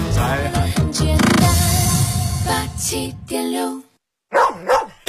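Bright, busy music plays for about three seconds and stops, then after a short silence a dog gives two quick, sharp barks, in a 2018 Beijing Literature and Art Radio advertisement for Wuliangye's Golden Dog liquor for the Year of the Dog.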